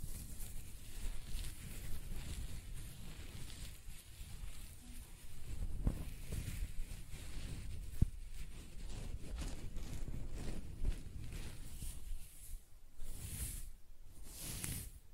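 Close-up hair scratching and brushing makes a dense, continuous rustle of soft scrapes with low thumps, brighter hissing strokes near the end.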